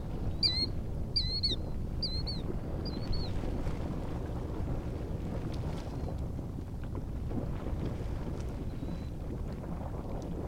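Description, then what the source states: Killdeer calls, four sharp notes in the first few seconds, followed by steady wind rumble. Killdeer chorus at Anemone Geyser on Geyser Hill.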